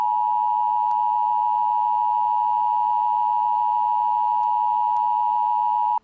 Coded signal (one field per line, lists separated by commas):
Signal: Emergency Alert System (SAME) tones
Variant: 853 and 960 Hz attention tone